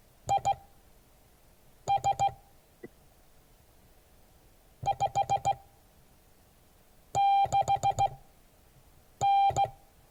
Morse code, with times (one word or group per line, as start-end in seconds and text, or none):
0.3-2.3 IS
4.9-9.6 56N